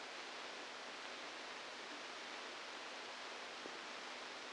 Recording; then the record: brain microelectrode recording played as sound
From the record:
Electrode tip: inside the subthalamic nucleus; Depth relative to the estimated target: -3 mm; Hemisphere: left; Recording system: NeuroSet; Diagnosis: Parkinson's disease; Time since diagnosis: 27 years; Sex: male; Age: 62 years